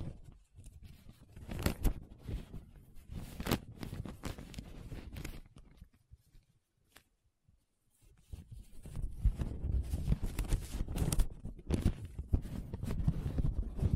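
Paper is rubbed and scratched in dense, crackling bursts with sharp bright clicks, pausing briefly around six to eight seconds before resuming steadily.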